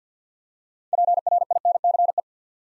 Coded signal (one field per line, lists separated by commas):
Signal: Morse code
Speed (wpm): 48 wpm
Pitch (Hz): 700 Hz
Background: none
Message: PRINCE